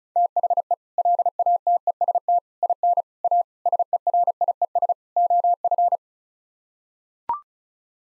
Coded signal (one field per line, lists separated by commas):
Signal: Morse code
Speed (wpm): 34 wpm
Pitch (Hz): 700 Hz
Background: none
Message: THE LATEST IN A SERIES OF